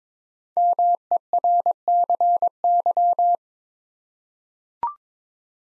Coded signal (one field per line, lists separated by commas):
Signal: Morse code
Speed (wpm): 22 wpm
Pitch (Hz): 700 Hz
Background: none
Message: MERCY